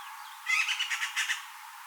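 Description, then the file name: Eurasian magpie chatter: a quick series of harsh, grating notes forming a short rattle lasting under a second. "Pica pica"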